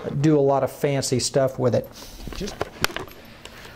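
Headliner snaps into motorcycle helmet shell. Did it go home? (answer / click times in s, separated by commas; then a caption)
yes / 2.8 s, 3.0 s, 3.5 s. Someone talks, then presses the fabric-and-foam headliner of an HJC Symax III motorcycle helmet back onto its plastic snap fasteners, with the J&M Elite 629 headset wire routed just above the snaps. Sharp, short clicks come at 2.8 s, 3.0 s and 3.5 s. The headliner is snapped back into the helmet shell.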